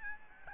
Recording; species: mosquito wingbeat signal from an infrared sensor; Aedes albopictus